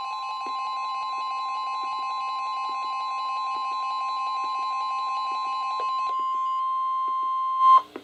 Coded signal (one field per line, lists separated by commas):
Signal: Emergency Alert System (SAME) tones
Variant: 1050 Hz attention tone